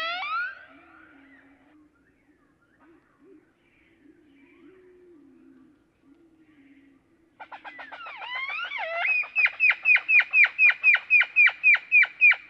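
Great-tailed grackle calls: descending whistles, a quiet pause, then a sliding squeal and a fast regular series of sharp notes, about four per second.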